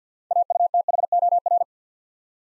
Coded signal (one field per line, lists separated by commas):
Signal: Morse code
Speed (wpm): 50 wpm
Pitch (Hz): 700 Hz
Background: none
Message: AUTHOR